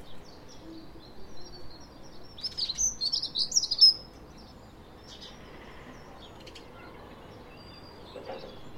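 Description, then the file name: Eurasian blackcap song: a short, fairly quiet phrase of quick high twittering notes, followed by a long stretch of quiet. "Sylvia atricapilla"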